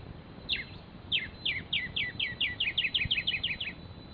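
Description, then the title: Black-striped sparrow giving a run of crisp, descending notes that starts slowly and speeds up into a rapid, bouncing series, with faint steady background noise. Nominate subspecies conirostris. "LuckyPassaro Completos2Sama. Black-striped Sparrow (Arremonops conirostris conirostris)"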